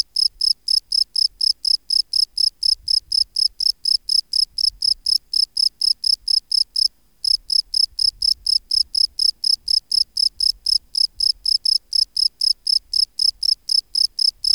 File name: Gryllus campestris